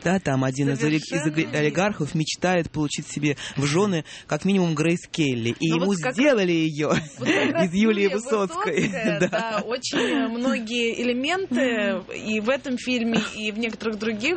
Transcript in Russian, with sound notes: Там один из олигархов мечтает получить себе в жёны, как минимум, Грейс Келли. И ему сделали её из Юли Высоцкой! (Смеётся)
Юлия Высоцкая очень многие элементы и в этом фильме, и в некоторых других.